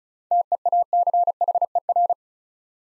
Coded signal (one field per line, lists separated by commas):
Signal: Morse code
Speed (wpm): 36 wpm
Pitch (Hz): 700 Hz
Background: none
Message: TEACHER